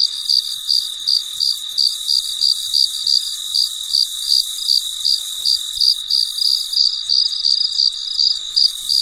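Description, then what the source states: Cricket's shrill chirps repeat in a fast, regular rhythm, over a constant high hum. Recorded late at night; very quiet surroundings.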